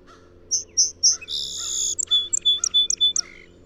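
Song sparrow song: three bright introductory notes, a harsh buzzy burst, then a rapid series of sharp chips ending in a lower buzzy note.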